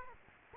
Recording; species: mosquito wingbeat signal from an infrared sensor; Aedes aegypti